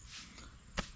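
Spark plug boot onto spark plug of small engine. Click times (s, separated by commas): 0.8 s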